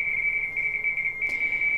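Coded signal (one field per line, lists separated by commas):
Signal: RTTY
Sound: rapid warbling between two close high tones, a steady chattering teletype sound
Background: radio static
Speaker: see XT FSK it starts up and starts sending that's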